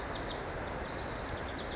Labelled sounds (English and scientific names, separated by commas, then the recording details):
Pacific Wren (Troglodytes pacificus)
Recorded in Sonoma County, California